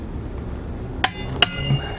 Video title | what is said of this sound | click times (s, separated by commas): How to Keep your RV Trouble Free(ish) - RV Preventative Maintenance (Full Time RV Living) | Heard that click. | 1.0 s, 1.4 s